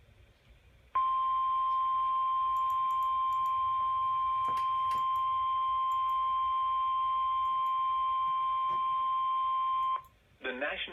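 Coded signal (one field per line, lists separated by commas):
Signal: Emergency Alert System (SAME) tones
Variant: 1050 Hz attention tone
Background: speech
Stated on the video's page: EAS alerts, some received on a handheld receiver.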